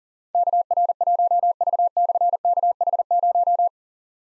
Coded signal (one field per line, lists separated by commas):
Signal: Morse code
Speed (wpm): 39 wpm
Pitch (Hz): 700 Hz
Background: none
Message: KR1V/KH0